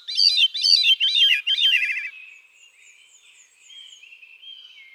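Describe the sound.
Veery singing one descending spiral of reedy, looping notes for about two seconds, followed by soft high whistles and thin tones in the background.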